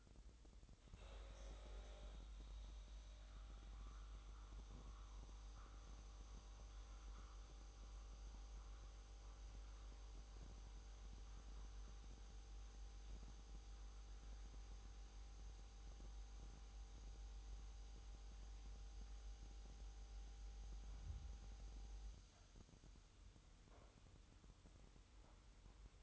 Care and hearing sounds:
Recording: daily activity, microphone in the room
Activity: make coffee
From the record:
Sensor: 3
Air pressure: 988.5 hPa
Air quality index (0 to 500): 191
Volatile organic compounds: 262 ppm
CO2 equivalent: 4391 ppm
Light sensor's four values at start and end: 23/73/31/26 and 23/73/30/26

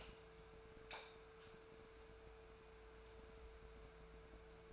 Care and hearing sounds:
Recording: daily activity, microphone in the room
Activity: light on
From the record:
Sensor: 2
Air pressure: 1014.4 hPa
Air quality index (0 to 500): 173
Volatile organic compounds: 11 ppm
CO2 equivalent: 2290 ppm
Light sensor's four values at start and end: 23/57/24/27 and 35/90/38/42

